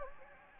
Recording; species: mosquito wingbeat signal from an infrared sensor; Anopheles gambiae